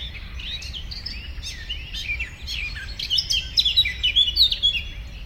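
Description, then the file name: Eurasian blackcap song, scratchy twittering that builds into a louder, clearer run of fluted warbled notes during the final two seconds. "Sylvia atricapilla"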